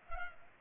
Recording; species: mosquito wingbeat signal from an infrared sensor; Culex pipiens